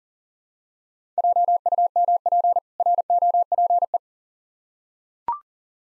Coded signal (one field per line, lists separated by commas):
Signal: Morse code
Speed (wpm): 40 wpm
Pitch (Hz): 700 Hz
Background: none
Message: JUMP ROPE